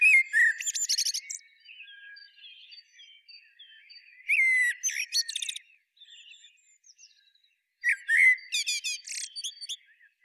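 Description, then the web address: Common blackbird song, three phrases spaced a few seconds apart, each a low fluted whistle trailing into rapid, thin, squeaky notes. "SETE Turdus merula"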